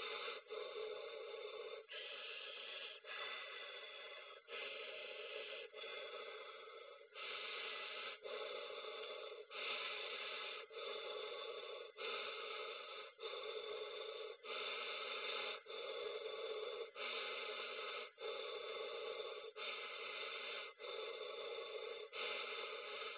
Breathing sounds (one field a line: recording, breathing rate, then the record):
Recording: paced breathing near a phone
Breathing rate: 24 breaths a minute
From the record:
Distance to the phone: 20 cm